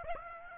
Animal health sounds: mosquito wingbeat signal from an infrared sensor; Aedes aegypti

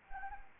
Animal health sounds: mosquito wingbeat signal from an infrared sensor; Anopheles arabiensis

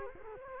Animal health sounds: mosquito wingbeat signal from an infrared sensor; Culex quinquefasciatus

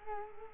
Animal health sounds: mosquito wingbeat signal from an infrared sensor; Culex quinquefasciatus

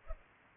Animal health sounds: mosquito wingbeat signal from an infrared sensor; Culex pipiens

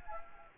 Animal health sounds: mosquito wingbeat signal from an infrared sensor; Anopheles gambiae

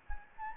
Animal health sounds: mosquito wingbeat signal from an infrared sensor; Anopheles gambiae

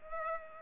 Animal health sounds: mosquito wingbeat signal from an infrared sensor; Culex pipiens

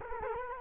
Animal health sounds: mosquito wingbeat signal from an infrared sensor; Culex quinquefasciatus

